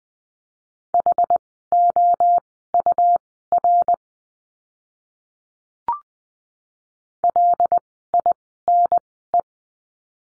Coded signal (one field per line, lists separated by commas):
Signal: Morse code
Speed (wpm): 20 wpm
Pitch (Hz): 700 Hz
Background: none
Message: HOUR LINE